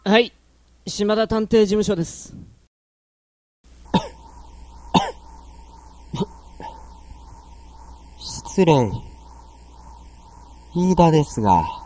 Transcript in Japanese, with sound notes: た・・・はい、島田探偵事務所です。 （老人特有の咳き込み）
失礼、飯田ですが、